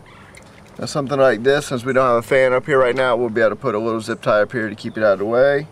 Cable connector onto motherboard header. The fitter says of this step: to tell you where it's got to go put in there snaps into place that's good to go